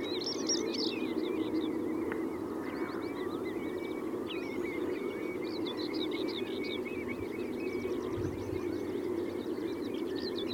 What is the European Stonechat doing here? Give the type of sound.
song